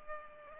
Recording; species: mosquito wingbeat signal from an infrared sensor; Culex pipiens